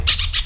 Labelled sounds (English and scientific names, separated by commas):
Brown-throated Parakeet (Eupsittula pertinax) contact call